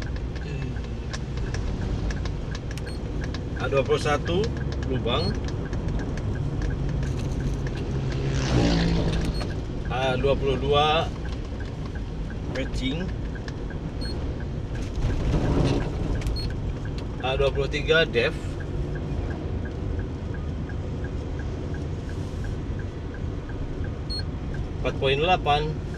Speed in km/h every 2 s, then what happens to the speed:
43, 41, 40, 40, 40, 39, 39, 37, 37, 36, 36, 35, 33.
0-26 slows to 33.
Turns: none.